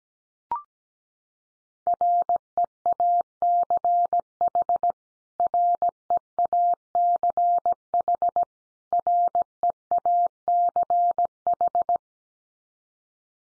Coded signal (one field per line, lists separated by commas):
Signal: Morse code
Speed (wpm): 17 wpm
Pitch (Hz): 700 Hz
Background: none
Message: REACH REACH REACH